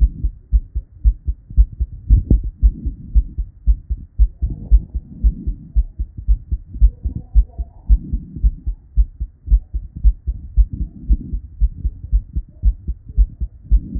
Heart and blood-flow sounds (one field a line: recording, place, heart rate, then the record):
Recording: heart sounds by stethoscope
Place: Erb's point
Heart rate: 114 bpm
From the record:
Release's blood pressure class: normal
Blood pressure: 116/75 mmHg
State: at rest